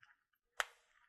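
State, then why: Seated. The second press-snap of the drag rescue loop on the Air-Pak X3 Pro breathing apparatus shoulder harness is pressed shut. A faint tap at 0.0 s comes before one sharp, bright snap at 0.6 s, and a short fading rustle follows. The snap is secured and seated.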